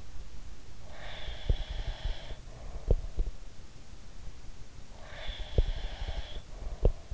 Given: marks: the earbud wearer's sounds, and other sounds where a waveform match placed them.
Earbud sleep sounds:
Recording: sounds in sleep by an in-ear microphone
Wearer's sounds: breath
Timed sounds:
0.81-2.95 s: breath
1.22-3.34 s: sound from someone else or the room
4.89-7.14 s: breath
5.25-7.14 s: sound from someone else or the room

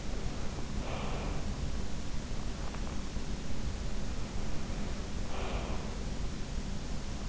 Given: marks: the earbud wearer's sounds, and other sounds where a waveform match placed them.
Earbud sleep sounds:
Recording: sounds in sleep by an in-ear microphone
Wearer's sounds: breath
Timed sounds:
0.85-1.48 s: breath
5.00-5.85 s: breath

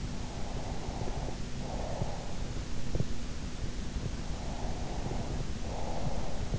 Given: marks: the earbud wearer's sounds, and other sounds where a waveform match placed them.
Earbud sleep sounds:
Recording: sounds in sleep by an in-ear microphone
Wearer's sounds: breath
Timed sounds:
0.51-2.50 s: breath
4.47-6.59 s: breath

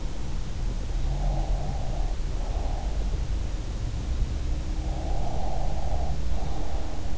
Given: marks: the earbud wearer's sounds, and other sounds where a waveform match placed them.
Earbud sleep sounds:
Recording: sounds in sleep by an in-ear microphone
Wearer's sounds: breath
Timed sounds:
1.24-3.18 s: breath
4.73-7.18 s: breath

